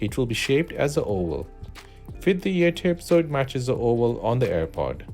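A new oval-shaped silicone ear tip is lined up with the oval mount on an AirPod's nozzle and pushed onto the wireless earbud while someone talks over background music. Nothing has seated or clicked yet; the clip ends just before the ear tip goes home.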